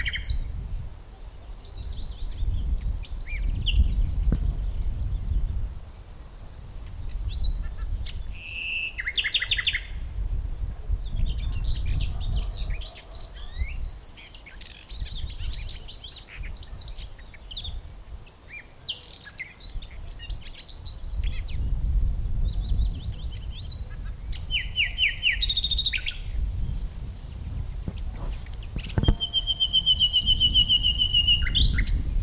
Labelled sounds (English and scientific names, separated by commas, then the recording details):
Common Whitethroat (Sylvia communis) song
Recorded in the wild
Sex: male
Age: adult
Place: Lübars (Fließtal), Berlin, DE
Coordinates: 52.6167, 13.35
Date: 1999-05-01 11:30
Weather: fair, 15°C
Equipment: Nagra SN, Kopie Uher 4000 Report Monitor
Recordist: Tembrock, Günter